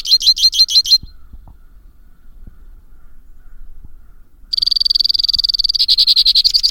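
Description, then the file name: White-winged crossbill song: a short, pulsed, high trill, then a pause, then a long, rapid, even trill that coarsens toward the end. "suara-kicauan-burung-white-winged-crossbill 2-omkicau"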